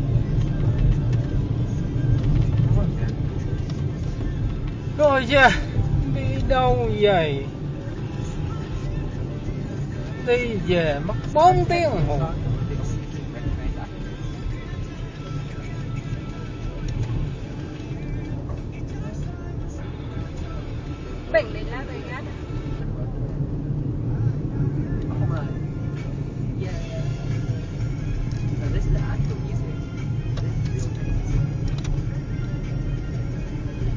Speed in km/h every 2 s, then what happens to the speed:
55, 55, 58, 58, 60, 58, 50, 52, 50, 53, 58, 58, 55, 44, 42, 44, 47.
0-9 steady at about 58. 9-12 slows to 50. 16-22 speeds up to 58. 22-26 brakes to 44. 26-34 steady at about 44.